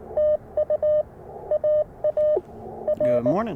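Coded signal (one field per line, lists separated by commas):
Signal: Morse code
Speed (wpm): 21 wpm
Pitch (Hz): 590 Hz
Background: speech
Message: TU AA R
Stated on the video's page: QRP CW Parks on the Air activation sent with Bamatech TP-III paddles, Icom IC-705 and AlexLoop magnetic loop antenna.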